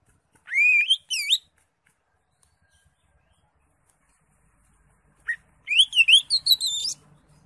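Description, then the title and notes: Leafbird song: two short bursts of bright upslurred whistles, a long silence, then a quick jumble of sharp whistled notes. Master training recording for teaching captive leafbirds to sing. "Suara Burung Cucak Ijo. mantap buat masteran burung cak ijo"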